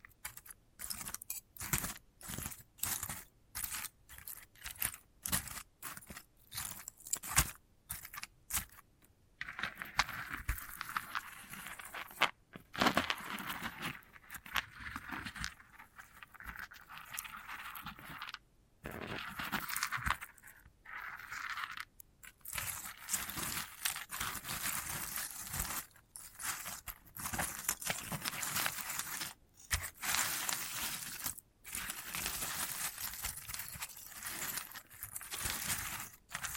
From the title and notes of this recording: ASMR of a Sunflower Head (No Talking).